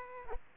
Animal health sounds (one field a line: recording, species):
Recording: mosquito wingbeat signal from an infrared sensor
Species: Aedes aegypti